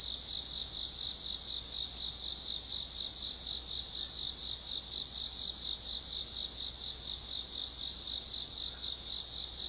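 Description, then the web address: Bell cricket singing a continuous bright, high-pitched ringing trill, with soft surges in volume every few seconds over a quiet background. Japanese name suzumushi. "shamanippon-2012 a suzumusi"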